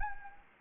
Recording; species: mosquito wingbeat signal from an infrared sensor; Anopheles gambiae